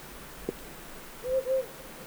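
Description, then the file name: Himalayan wood owl hooting, a short low click or knock first, then two smooth, even hoots in quick succession near the end. Hu Ping Shan, Hunan, China, 2 July 2012. "Himalayan Wood Owl 120702 China Hunan Hu Ping Shan"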